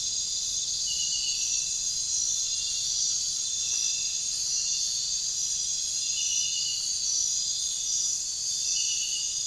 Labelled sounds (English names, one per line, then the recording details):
none
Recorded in pastures near Puerto Asís, Putumayo, Colombia, on 23 June 2025 at 01:00
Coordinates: 0.466, -76.322
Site GP07